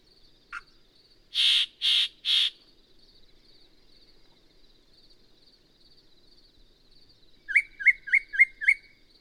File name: Yellow-breasted Chat